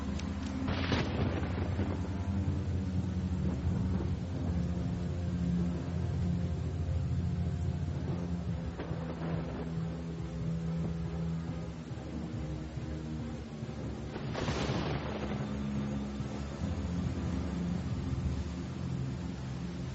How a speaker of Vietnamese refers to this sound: Ôi, chạy nhanh lên, nhanh lên. Mưa rồi, nhanh lên.